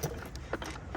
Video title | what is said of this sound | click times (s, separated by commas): Nissan Juke Rally Car manual AWD swap, Ep 2….Parts? Deez Parts!! | come on there it goes it's not all the way in there but it splines up | 0.5 s